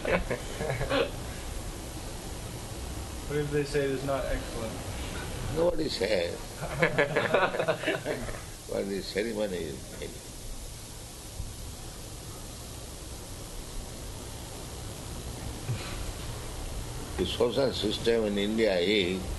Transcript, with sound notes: What if they say it is not excellent?
Nobody says. [laughter] But the ceremony is made. The social system in India is